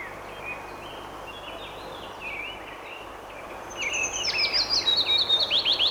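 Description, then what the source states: Willow Warbler song: a sweet, high phrase of quick notes slides down the scale. Softer notes come first, over steady background hiss. Sung on returning to its breeding grounds after migrating from equatorial and southern Africa; described as simple but very pleasant songs.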